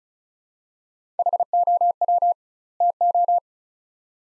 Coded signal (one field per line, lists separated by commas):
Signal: Morse code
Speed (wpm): 36 wpm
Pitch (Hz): 700 Hz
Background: none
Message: HOW TO